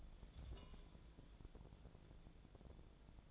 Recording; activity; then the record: daily activity, microphone in the room; take from stove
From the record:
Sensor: 5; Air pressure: 1000.2 hPa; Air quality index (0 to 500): 97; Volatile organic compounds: 1 ppm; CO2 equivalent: 788 ppm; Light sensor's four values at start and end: 286/667/291/327 and 286/667/291/326